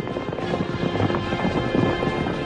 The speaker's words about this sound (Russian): нашел свою лошадь и поскакал по дороге, сам не зная куда.